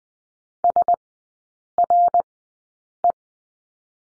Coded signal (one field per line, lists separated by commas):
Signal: Morse code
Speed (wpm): 20 wpm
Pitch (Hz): 700 Hz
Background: none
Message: SRE